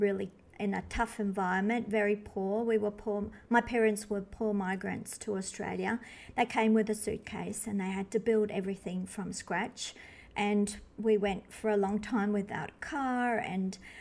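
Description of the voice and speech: One adult speaks fluently in a steady, clear conversational voice with an Australian accent; ordinary speech.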